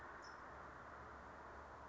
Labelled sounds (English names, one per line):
California Towhee